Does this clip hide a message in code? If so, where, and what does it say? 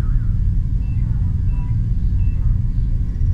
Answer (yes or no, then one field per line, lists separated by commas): no